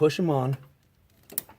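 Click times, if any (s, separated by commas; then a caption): 1.4 s. A squeeze-type hose quick-connector is pushed back onto its fitting on the intake manifold of a 1995 Honda Passport, then pulled back to check that it is tight. Someone talks briefly, followed by faint handling noises and a sharp click at 1.4 s as the connector snaps into place and seats.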